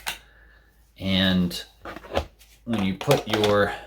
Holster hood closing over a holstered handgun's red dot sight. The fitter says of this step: very satisfying click if i do say so myself